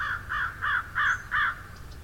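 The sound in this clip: Crow cawing: five harsh, evenly spaced caws in about a second and a half, with low rumbling background noise.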